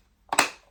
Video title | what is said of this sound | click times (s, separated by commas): Tamiya Rising Fighter Build Series Steps 17-23 | nice and easy snaps into place | 0.3 s, 0.4 s